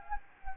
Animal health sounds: mosquito wingbeat signal from an infrared sensor; Anopheles gambiae

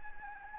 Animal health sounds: mosquito wingbeat signal from an infrared sensor; Anopheles arabiensis

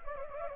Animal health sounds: mosquito wingbeat signal from an infrared sensor; Anopheles gambiae

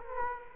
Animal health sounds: mosquito wingbeat signal from an infrared sensor; Culex quinquefasciatus

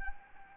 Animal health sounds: mosquito wingbeat signal from an infrared sensor; Anopheles gambiae

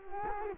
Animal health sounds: mosquito wingbeat signal from an infrared sensor; Culex quinquefasciatus

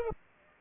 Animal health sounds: mosquito wingbeat signal from an infrared sensor; Aedes aegypti

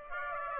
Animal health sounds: mosquito wingbeat signal from an infrared sensor; Aedes aegypti

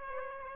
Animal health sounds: mosquito wingbeat signal from an infrared sensor; Aedes aegypti

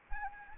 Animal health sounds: mosquito wingbeat signal from an infrared sensor; Anopheles arabiensis

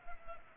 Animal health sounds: mosquito wingbeat signal from an infrared sensor; Culex pipiens

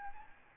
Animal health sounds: mosquito wingbeat signal from an infrared sensor; Aedes albopictus

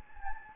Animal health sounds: mosquito wingbeat signal from an infrared sensor; Anopheles gambiae

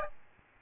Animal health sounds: mosquito wingbeat signal from an infrared sensor; Aedes albopictus

